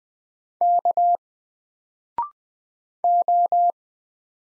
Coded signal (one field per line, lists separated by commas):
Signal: Morse code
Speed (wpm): 20 wpm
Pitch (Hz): 700 Hz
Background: none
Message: K O